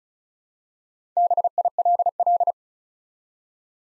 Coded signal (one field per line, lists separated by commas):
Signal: Morse code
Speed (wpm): 36 wpm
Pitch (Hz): 700 Hz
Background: none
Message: BILL